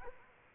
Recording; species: mosquito wingbeat signal from an infrared sensor; Culex quinquefasciatus